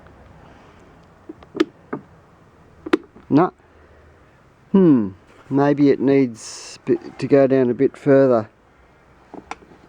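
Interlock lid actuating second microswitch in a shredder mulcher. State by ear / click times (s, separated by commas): seated / 9.5 s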